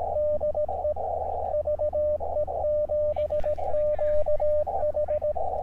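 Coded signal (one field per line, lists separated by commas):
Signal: Morse code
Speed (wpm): 17 wpm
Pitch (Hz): 600 Hz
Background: radio noise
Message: DE VE7QH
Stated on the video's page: Summit activation with Elecraft KX2 and Chameleon MPAS Lite vertical; poor band conditions, weak stations pulled from the noise.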